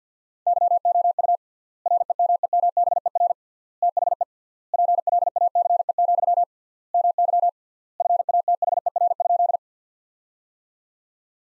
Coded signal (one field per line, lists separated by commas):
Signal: Morse code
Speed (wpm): 50 wpm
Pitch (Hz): 700 Hz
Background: none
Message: YOU REMEMBER THE PLACE, MY FATHER?